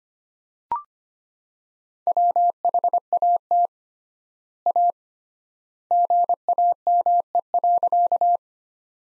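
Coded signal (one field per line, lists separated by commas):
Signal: Morse code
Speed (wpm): 25 wpm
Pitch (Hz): 700 Hz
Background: none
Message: WHAT A GAME.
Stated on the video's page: Morse sentences built from the top 500 words, sent at 25 wpm with three times standard word spacing, a word-level analogue of Farnsworth spacing, for head-copy practice.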